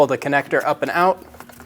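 A plastic quick-connect hose fitting is handled for pushing back onto its port on the intake tube of a 2003-2025 Chevrolet Express 2500 while someone talks. After the talking, only a few faint, small ticks are heard near 1.5 and 1.6 seconds. The connector has not seated or clicked into place yet.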